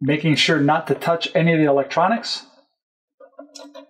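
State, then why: Seated. A BACnet communication interface card (circuit board) is pressed onto three plastic mounting posts inside the control box of a MAGNA3 circulator pump. Someone talks, then after a pause two sharp clicks are heard at 3.4 s and 3.6 s. The card snaps into place and is seated.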